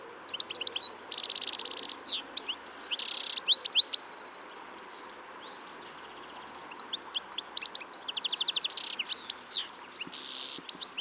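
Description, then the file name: European goldfinch song in two bursts of liquid twitters, buzzy rattles and sharp chirps, separated by a quiet pause of nearly three seconds. "Carduelis carduelis"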